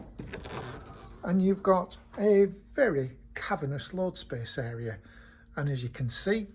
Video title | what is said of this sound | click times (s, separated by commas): 2014 MINI PACEMAN COOPER S WITH CHILI & MEDIA PACK FULL LEATHER HEATED FRONT SEATS LOW MILES | same way as you do with the Countryman, where the mini badge is, you just press the top and you can hear that click, then lift, and | 0.3 s